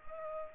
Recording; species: mosquito wingbeat signal from an infrared sensor; Culex pipiens